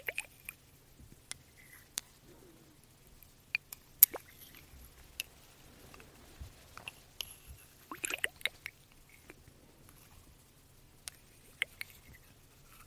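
Glass bottles and a dropper make sharp, scattered taps and clicks, some ringing brightly, spaced irregularly across the clip with a denser cluster around eight seconds. Soft liquid drips and squishy sounds sit between them over a faint low hum.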